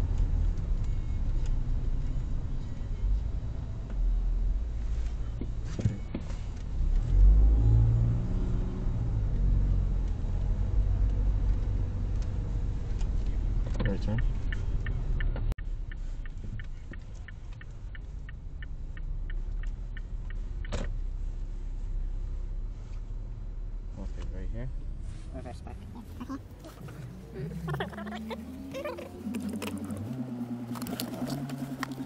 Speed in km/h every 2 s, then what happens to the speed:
18, 6, 0, 9, 17, 20, 17, 11, 10, 8, 11, 11, 1, 0, 0, 0.
0-3 brakes to 0. 3-5 standing. 5-9 pulls away to 20. 9-17 slows to 8. 17-22 steady at about 11. 22-24 brakes to 1. 24-32 standing.